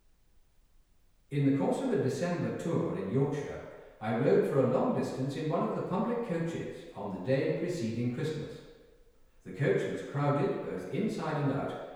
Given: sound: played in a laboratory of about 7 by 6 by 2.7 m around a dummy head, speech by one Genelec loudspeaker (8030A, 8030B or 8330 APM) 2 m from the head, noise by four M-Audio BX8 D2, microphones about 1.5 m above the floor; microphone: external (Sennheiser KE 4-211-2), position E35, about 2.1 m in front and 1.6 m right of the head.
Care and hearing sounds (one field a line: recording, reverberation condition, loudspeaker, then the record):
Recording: male speech in English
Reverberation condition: high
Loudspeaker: 120 degrees to the left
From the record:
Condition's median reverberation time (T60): about 1300 ms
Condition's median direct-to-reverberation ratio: about -4.0 dB